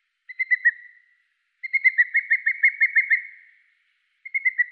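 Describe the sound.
Booted eagle calling: a short burst of whistled notes, then a longer rapid run of clear, evenly pitched notes, another run starting at the end.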